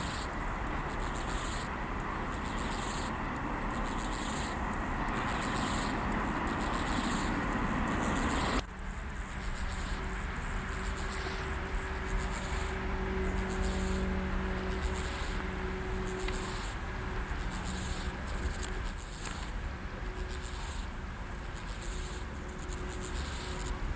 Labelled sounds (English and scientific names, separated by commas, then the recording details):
Steppe Grasshopper (Chorthippus dorsatus) stridulation
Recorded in the wild
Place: Blankenfelde, Tegeler Fließ, Berlin, DE
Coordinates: 52.625, 13.404
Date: 1992-08-29 11:48
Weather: heiter (schwül), 23-28°C
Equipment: Marantz CP 430, Sennheiser ME 80, Kopie Tesla B 116
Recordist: Tembrock, Günter